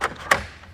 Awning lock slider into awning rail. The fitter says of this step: switch is moving there so all the way up until you hear the click then when she's up in that position